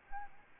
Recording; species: mosquito wingbeat signal from an infrared sensor; Aedes albopictus